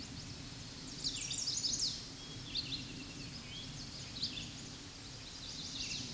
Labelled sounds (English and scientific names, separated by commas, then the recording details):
Red-eyed Vireo (Vireo olivaceus) song
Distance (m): 40 m
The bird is about level with the microphone
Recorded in a Pennsylvania forest on 16 May 2024 at 07:12
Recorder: AudioMoth, point MSD-0398
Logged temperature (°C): 16.4 °C
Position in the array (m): 129 m, 50 m